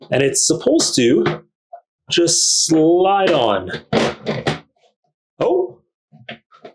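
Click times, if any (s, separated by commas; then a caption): 6.3 s. An electric VOVO bidet seat is slid onto its mounting plate on the toilet while someone talks. A sharp click at 6.3 seconds marks the seat snapping into its locked position, and it is seated.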